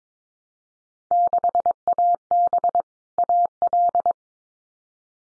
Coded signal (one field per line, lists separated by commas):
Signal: Morse code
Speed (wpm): 22 wpm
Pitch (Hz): 700 Hz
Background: none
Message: 6AB AL